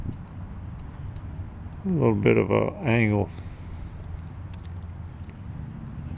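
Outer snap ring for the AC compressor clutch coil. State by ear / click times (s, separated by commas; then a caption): not seated / none. Someone talks while handling the metal outer snap ring for the AC compressor clutch coil of a Honda Odyssey, checking its square side and angled side to see which way it goes before pressing it into the groove. A steady low hum runs underneath, with a few faint light ticks. The ring has not snapped in or seated yet.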